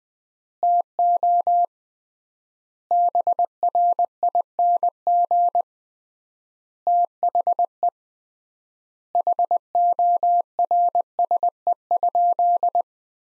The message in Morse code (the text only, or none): TO BRING THE HORSE?